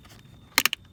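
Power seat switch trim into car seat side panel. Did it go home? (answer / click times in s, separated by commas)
yes / 0.6 s, 0.7 s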